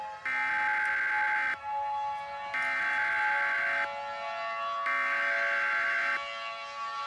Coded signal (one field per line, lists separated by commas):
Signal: Emergency Alert System (SAME) tones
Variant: header bursts